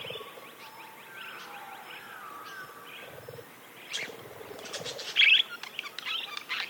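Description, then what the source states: Budgerigar chatter, a soft, low warble for the first few seconds, then louder sharp chirps and squeaky notes bunched together near the end. Several budgerigars, described as happy.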